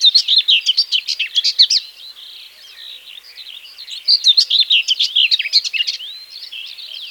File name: slavka seraja